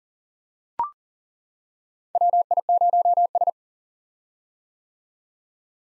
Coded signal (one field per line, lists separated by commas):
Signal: Morse code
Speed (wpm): 40 wpm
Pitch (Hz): 700 Hz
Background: none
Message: WI0S